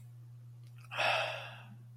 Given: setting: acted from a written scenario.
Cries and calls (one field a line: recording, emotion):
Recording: vocal sound without words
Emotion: serenity